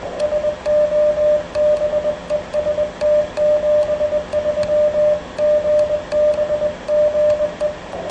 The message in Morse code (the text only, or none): SO BEST 73 GB GE